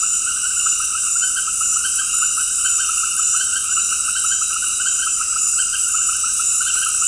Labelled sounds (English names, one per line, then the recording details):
none
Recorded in dense forest near Puerto Asís, Putumayo, Colombia, on 21 February 2024 at 19:30
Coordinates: 0.484, -76.317
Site G6464